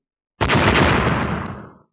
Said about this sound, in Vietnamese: Hai tay nắm thành quyền quỳ, mạnh mẽ tấn công đại ấn màu trắng. Những nơi quyền phong đi qua, hư không phụ cận lại phát ra tiếng nổ đi đùng.